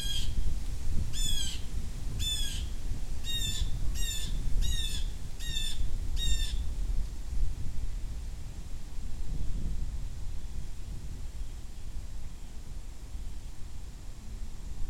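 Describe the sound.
Blue jay harsh calls, a series of raspy squawks during the first six seconds, then only low rumbling background.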